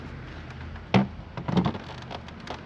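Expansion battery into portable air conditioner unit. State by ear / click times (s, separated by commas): not seated / none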